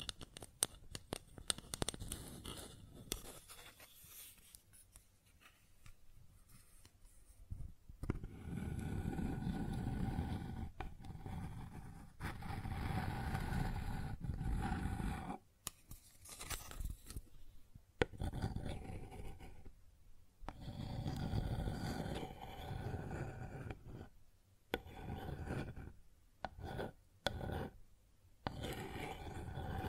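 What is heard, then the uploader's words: ASMR sounds on a wooden surface: rubbing and scratching strokes that come in bursts lasting a few seconds, broken by short silent gaps. The strokes have a low, full body with a rasping top, and some sections carry a faint steady tone. ASMR Sounds on Wooden Surface (No Talking).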